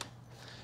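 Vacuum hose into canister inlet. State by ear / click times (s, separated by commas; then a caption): seated / 0.0 s. A vacuum hose end is pressed into the inlet of a SEBO Airbelt E3 canister vacuum cleaner body and snaps in with a single sharp click at 0.0 s. After the click comes a low, steady background with a faint hum, and the hose is seated.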